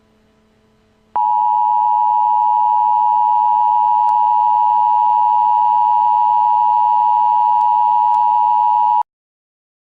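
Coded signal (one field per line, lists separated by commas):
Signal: Emergency Alert System (SAME) tones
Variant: 853 and 960 Hz attention tone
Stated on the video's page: Recreation made in Movie Maker, based on a real severe thunderstorm alert.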